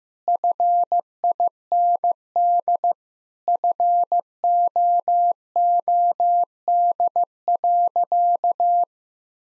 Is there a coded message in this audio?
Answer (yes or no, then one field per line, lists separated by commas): yes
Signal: Morse code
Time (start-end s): 0.3-8.8 s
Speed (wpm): 15 wpm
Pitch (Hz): 700 Hz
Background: none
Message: FIND FOOD.